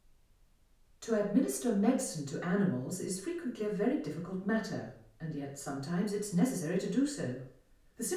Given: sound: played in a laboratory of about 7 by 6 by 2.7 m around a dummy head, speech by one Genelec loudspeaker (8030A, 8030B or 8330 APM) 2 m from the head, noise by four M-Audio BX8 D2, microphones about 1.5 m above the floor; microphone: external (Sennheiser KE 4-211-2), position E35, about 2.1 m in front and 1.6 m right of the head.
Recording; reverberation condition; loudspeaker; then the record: female speech in English; medium; behind (180 degrees)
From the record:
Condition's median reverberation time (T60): about 510 ms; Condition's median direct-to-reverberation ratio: about -0.5 dB